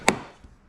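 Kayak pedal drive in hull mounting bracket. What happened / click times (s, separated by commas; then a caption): The drive locked into its mounting bracket / 0.1 s. A kayak pedal drive is pushed into its hull mounting bracket, and a single sharp knock at 0.1 s shows the drive locking into place on the good bracket. The other side's bracket, worn down over time, will not lock and needs replacing.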